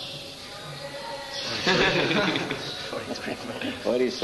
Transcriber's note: laughter